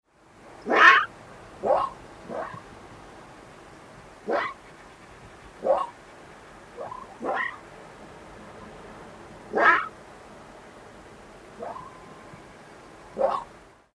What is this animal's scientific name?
Vulpes lagopus